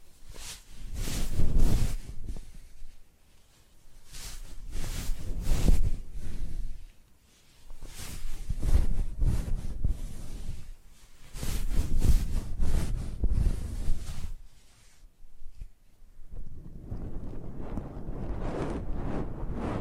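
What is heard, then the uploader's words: A brush rubs across a face in bursts of soft bristly scrubbing, each lasting a few seconds, separated by short quiet pauses. Face Brushing.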